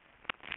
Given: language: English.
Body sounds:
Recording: throat vibration sensor signal played as sound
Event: swallow

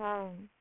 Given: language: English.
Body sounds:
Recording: throat vibration sensor signal played as sound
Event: speech

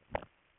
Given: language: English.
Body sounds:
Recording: throat vibration sensor signal played as sound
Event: swallow

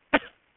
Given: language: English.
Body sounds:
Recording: throat vibration sensor signal played as sound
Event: cough

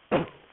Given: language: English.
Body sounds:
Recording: throat vibration sensor signal played as sound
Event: cough

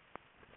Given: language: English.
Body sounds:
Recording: throat vibration sensor signal played as sound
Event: swallow

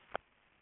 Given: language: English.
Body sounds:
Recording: throat vibration sensor signal played as sound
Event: swallow

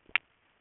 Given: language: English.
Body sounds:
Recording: throat vibration sensor signal played as sound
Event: swallow

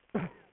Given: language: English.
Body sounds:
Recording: throat vibration sensor signal played as sound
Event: cough

